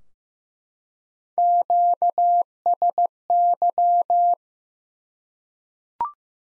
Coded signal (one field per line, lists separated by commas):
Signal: Morse code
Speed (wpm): 15 wpm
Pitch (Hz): 700 Hz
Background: none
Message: QSY